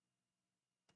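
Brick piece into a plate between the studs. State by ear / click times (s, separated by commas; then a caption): not seated / none. A plastic brick piece is handled and pressed toward a plate, going between the studs rather than on top of one. A faint low hum fills most of the second, then two short broadband handling knocks come near the end at about 0.9 s and 1.0 s. Nothing has seated or clicked into place yet.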